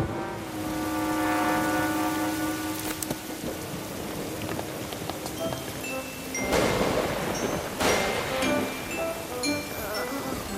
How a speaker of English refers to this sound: that was just thunder. Don't be scared.